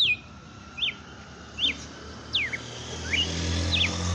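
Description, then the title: Red-cowled cardinal gives a handful of brief, slurred whistled notes at uneven intervals, with a low hum growing louder toward the end. Female bird named Fenrir, singing in the song style called açoite selvagem. "Canto Galo Campina Fêmea 07. Galo de campina FENRIR no AÇOITE SELVAGEM"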